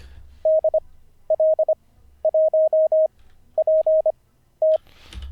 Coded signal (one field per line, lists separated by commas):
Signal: Morse code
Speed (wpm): 25 wpm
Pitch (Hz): 630 Hz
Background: none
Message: DL1PT